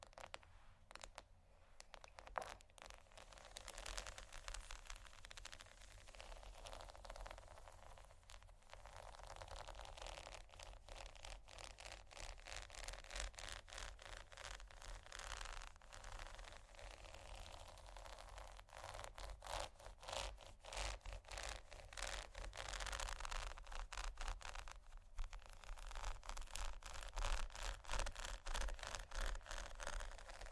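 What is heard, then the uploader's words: Pearls are scratched and tapped in a dense, restless stream of small bright clicks and rubbing sounds that never settle into a steady rhythm. The scraping grows fuller after about ten seconds, and a faint low hum runs underneath throughout. ASMR Scratching & Tapping On Pearls（No Talking）.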